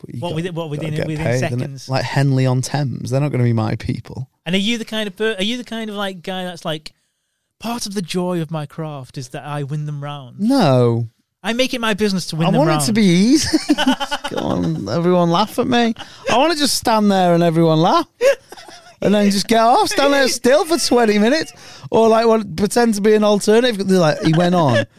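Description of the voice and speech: Relaxed, fluent conversational speech from adult men trading lines, with natural pauses and ordinary voice quality.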